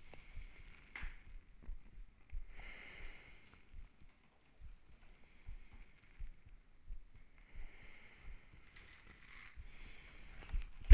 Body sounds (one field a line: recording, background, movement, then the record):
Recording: deep breathing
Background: quiet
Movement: sitting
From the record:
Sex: male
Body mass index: 21.0 kg/m2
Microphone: on the chest, facing the body